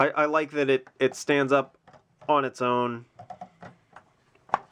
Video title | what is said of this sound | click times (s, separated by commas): MCLB LEGO Star Wars Review: 7184 Trade Federation MTT | Simple little click stuff. | 4.5 s